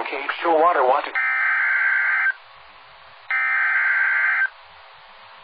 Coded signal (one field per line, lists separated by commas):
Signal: Emergency Alert System (SAME) tones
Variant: header bursts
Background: speech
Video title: Great Shakeout Drill 2022, EAS Alerts From 10/19/2022 and 10/20/2022 (EAS #1421 - 1429)